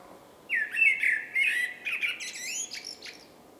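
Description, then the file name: Common blackbird delivering one continuous song phrase: a fluty warble sliding down, then breaking into a high scratchy twittered ending. "Turdus merula"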